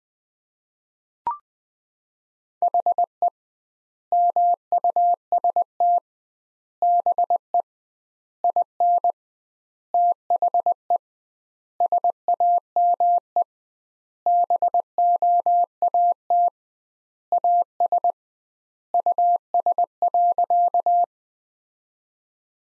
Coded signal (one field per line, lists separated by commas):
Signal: Morse code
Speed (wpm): 21 wpm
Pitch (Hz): 700 Hz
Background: none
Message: HE MUST BE IN THE SAME BOAT AS US.